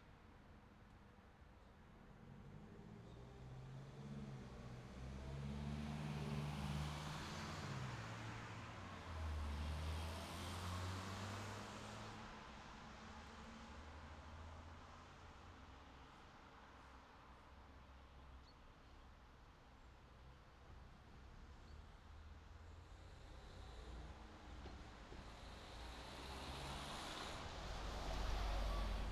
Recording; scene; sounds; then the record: everyday scene through a hearing-aid microphone; in traffic; traffic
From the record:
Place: city secondary road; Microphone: in the ear canal, left